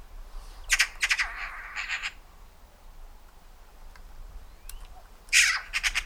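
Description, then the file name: Eurasian magpie harsh chattering calls, a rattling burst near the start followed by a second loud harsh burst near the end, with faint background hiss. "Pica pica"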